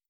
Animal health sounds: hydrophone in a shrimp aquaculture tank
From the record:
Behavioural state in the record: starved

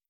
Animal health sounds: hydrophone in a shrimp aquaculture tank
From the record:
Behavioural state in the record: feeding

